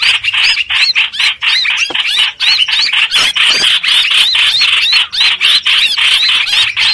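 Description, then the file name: Streak-eared bulbul producing bright, up-swept squeaky calls in rapid repeated bursts throughout. Distress call given to summon the flock. "Tieng chim trao trao keu cuu goi bay"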